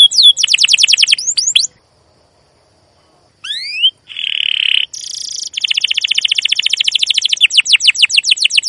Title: CUIT CUIT NGEROL LANGSUNG GACOR PANJANG Kenari Ini AMPUH Utk Pancingan KENAR. PANCINGAN Kenari GACOR PANJANG Cuit CUIT EMOSI ini AMPUH utk MASTERAN Kenari PAUD belajar BUNYI